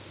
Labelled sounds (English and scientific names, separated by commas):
Magnolia Warbler (Setophaga magnolia) flight call